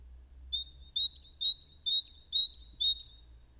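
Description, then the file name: Great tit song: a steady run of about six high two-note phrases, each a bright whistle with a sharper upper note, repeated roughly twice a second over a faint low hum. "Parus major"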